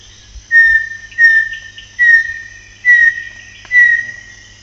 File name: Joseph Tobias and Nathalie Seddon - Bartlett's Tinamou (Crypturellus bartletti)